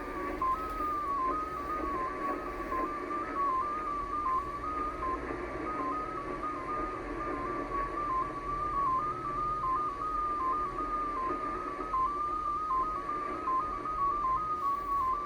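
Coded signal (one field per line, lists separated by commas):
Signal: numbers station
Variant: XPA2 14-tone MFSK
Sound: a single warbling tone hopping quickly between nearby pitches, steady rhythm, over hiss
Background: radio static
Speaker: so you see where it says end tone, so the decode has stopped.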